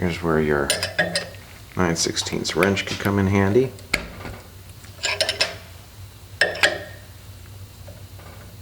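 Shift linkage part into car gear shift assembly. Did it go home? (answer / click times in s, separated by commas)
no / none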